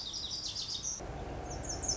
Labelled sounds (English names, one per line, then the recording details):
Lazuli Bunting
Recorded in Sonoma County, California